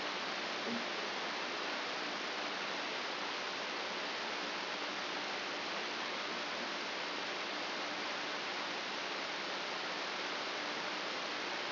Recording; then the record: brain microelectrode recording played as sound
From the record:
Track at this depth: outside the subthalamic nucleus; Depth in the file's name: 8.228 mm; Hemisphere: left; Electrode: 2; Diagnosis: Parkinson's disease